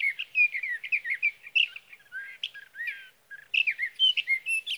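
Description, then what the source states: Sage thrasher singing varied warbling phrases, some high thin notes and sliding whistles, a pause around three seconds, then renewed rapid song. Male singing through the night near his night roost, evening of June 12 to morning of June 15, 2018, Sierra Valley, California; recorded with a Swift recorder.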